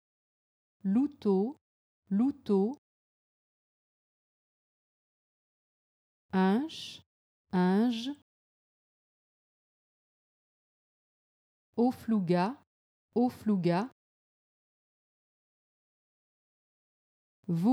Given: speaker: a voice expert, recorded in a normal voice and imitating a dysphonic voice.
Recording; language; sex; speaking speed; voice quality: pseudo-word pairs; French; female; normal speed; normal voice